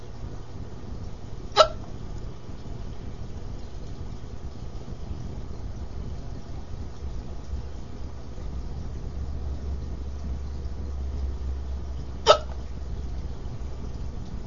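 Two sudden, sharp, very brief gulping clicks about eleven seconds apart, with quiet between them and a steady low hum in the background. These are an adult's hiccups: involuntary diaphragm spasms that snap the vocal cords shut.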